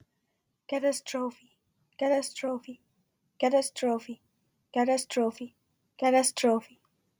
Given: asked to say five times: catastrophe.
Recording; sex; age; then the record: repeated word; female; 20 to 29 years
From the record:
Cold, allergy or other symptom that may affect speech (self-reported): no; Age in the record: 23 years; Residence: Illinois, United States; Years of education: 15